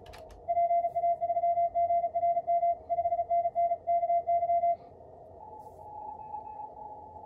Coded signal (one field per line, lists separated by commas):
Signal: Morse code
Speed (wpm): 34 wpm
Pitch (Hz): 690 Hz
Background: radio noise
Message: PA3GRM 5NN KY